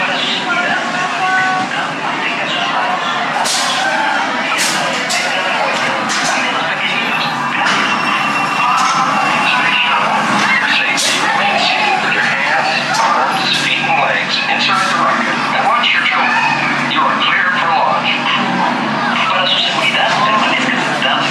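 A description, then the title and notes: Crowd chatter in the queue for an indoor roller coaster, a dense, steady murmur of many voices that stays constant throughout. Sharp clicks and clatters pop through often and irregularly, over a low rumble of machinery and echoing room sound. Disneyland - Space Mountain. Some of the queue and a full ride thru.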